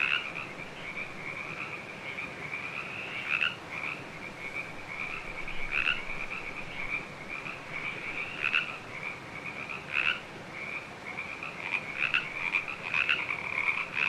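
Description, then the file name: Frogs calling together in a continuous high croaking chorus, with louder bursts of individual calls standing out every couple of seconds. "frogchorus"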